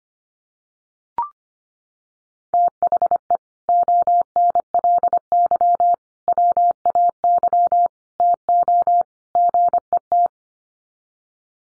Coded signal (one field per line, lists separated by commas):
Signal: Morse code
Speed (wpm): 25 wpm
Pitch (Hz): 700 Hz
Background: none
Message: THE ONLY WAY TO GET